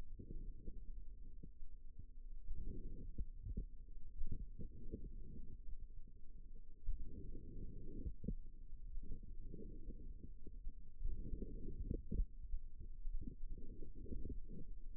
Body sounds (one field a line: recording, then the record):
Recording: forearm muscle sounds (acoustic myography)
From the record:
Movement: outward rotation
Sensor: system 2, bracelet of six BSWA MPA416 microphones around the upper forearm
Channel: 4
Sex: female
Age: 22 years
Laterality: right